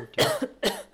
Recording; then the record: coughing mixed with background sound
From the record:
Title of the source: Coughing Woman Sound - Woman Cough Sound Effect